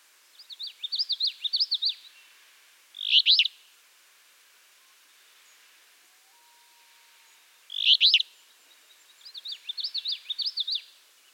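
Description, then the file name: Alder flycatcher: two buzzy, burry phrases about five seconds apart, framed by fast, jumpy warbling before and after. "Empidonax alnorum - Alder Flycatcher"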